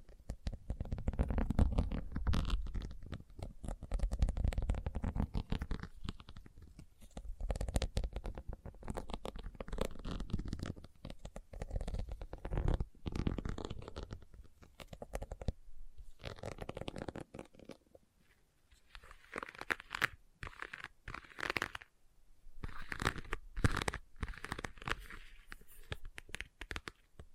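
Leather being tapped and scratched in dense, irregular bursts of soft rubbing, scraping and light knocks. The first half is fuller and lower, with a brief pause near 16 seconds. After that the scratching turns brighter and thinner, coming in quick choppy strokes separated by short gaps.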